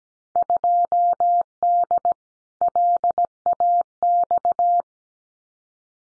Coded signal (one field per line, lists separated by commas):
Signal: Morse code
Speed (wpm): 17 wpm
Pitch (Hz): 700 Hz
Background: none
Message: 2D LAX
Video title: Field Day Exchange 17wpm